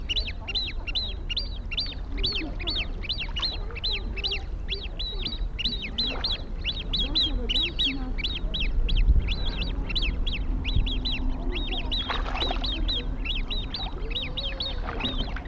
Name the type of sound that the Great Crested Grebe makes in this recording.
call